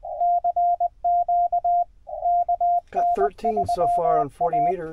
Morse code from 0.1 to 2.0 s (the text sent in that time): CQ